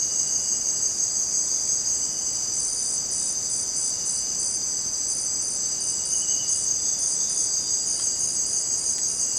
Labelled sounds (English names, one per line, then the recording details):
none
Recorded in dense forest near Puerto Asís, Putumayo, Colombia, on 23 June 2025 at 18:00
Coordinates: 0.484, -76.317
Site G045